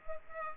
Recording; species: mosquito wingbeat signal from an infrared sensor; Culex pipiens